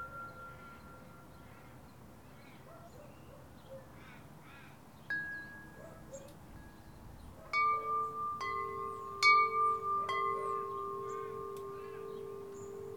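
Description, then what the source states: Crow caws, a few harsh repeated calls, heard among ringing windchimes. Recorded with windchimes.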